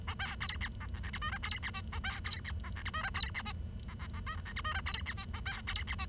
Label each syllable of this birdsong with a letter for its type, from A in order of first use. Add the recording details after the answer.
A B C D E F F G H I C D J A B C D E F G H I C D J E E E H K F G H I C D J A B C D J. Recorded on 23 June 2012 at 08:38. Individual gr41rd51